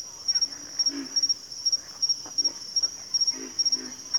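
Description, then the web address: Pig frog giving brief low grunts, a few close together, over a cricket chirping in rapid, even pulses. "Sleep Sounds of Nature. Pig Frogs"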